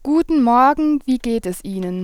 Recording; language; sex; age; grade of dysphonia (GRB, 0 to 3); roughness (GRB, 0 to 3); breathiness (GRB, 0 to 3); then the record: spoken sentence; German; female; 18 to 19 years; 0; 0; 0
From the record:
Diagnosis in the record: healthy voice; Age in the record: 19 years